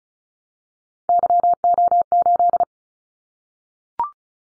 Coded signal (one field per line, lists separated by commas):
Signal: Morse code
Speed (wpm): 36 wpm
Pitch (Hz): 700 Hz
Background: none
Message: YO8